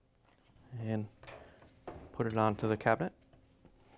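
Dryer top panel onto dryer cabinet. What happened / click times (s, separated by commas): Handled, not yet home: the panel is being placed but has not snapped in / none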